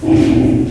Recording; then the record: squeal of a Yucatan mini pig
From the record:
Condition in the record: before surgery on the right vocal fold (resection and tissue-engineered implant); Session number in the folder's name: 1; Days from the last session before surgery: -21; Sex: female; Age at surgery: 19 weeks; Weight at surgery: 25 kg